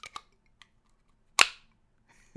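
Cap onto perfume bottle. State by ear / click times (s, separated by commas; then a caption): seated / 1.4 s. A cap is fitted back onto a vintage Hanorah Opinion fragrance bottle, with a few light ticks of handling near the start. At 1.4 s it snaps home with one sharp, bright click, and the cap is seated. A soft knock follows at the end.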